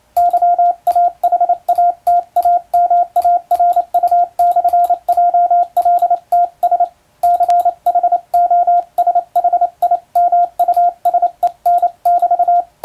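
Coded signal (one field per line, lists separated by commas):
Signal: Morse code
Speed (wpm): 28 wpm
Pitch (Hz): 700 Hz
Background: radio noise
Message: YAHATAMARU/JLTS CHOSHIMUSEN<BT>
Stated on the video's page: Morse code sent with an electronic keyer, in-the-clear telegram sending practice.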